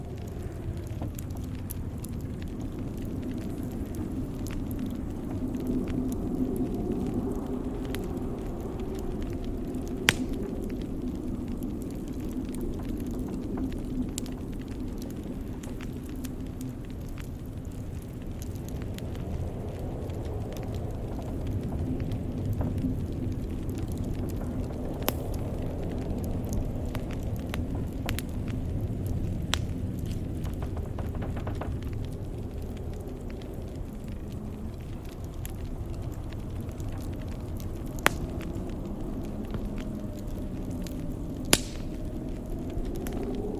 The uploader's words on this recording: Blizzard With Fireplace Crackling. This audio was recorded in the video game The Long Dark.